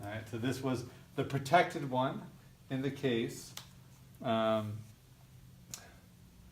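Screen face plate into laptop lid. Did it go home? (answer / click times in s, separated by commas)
yes / 5.7 s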